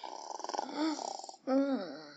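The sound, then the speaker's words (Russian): A voice imitates the snoring of a boy's brother sleeping next to him: first a rapid fluttering rattle, then drawn-out, voiced, groaning snores that shift in pitch, fairly loud and with no other talk. “Вот, спит рядом, и ему на все наплевать. О, о, слышите, как похрапывает на все лады.”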